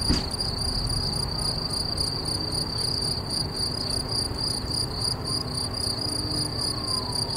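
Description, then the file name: Cricket chirping in a steady, rapid pulsing trill that runs without pause throughout, high and shrill, over a low background rumble. "Swierszcze"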